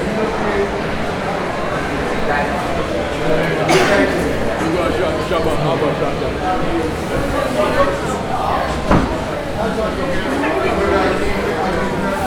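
A walk through Brixton with a steady wash of overlapping voices and chatter, plus sharp knocks near four and nine seconds.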